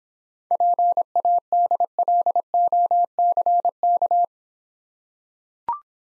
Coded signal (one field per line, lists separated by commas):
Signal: Morse code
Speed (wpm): 26 wpm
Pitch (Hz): 700 Hz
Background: none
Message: PADLOCK